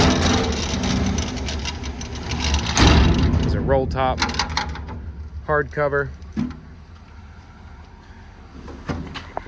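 Someone talks while the roll-top hard cover over the bed of a 2015 Ford F550 with an IMT Dominator service body is pulled closed toward its latch and catch on the service body, a latch keyed the same as the other service body compartments. Rattling and rolling noise fills the first three seconds, with sharp knocks near 2.8 s and 4.6 s and a faint tick at 9.4 s. Nothing has latched or seated yet by the end of the clip.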